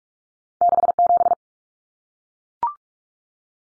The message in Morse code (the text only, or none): 67